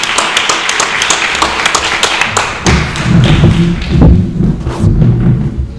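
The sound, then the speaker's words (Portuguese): An audience at the Cine Adriano cinema applauds steadily, dense overlapping claps filling the whole clip, with a low crowd rumble swelling beneath the clapping in the second half. “Vamos a pedir un forte aplauso.”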